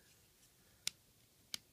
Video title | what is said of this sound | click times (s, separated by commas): Ultra Man Eggs Father of Ultra, Seabozu and Dark Lugiel Review | click into place then the feet pop out from the back of the legs now | 0.9 s, 1.5 s